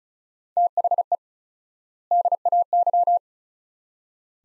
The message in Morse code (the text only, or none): THE DAY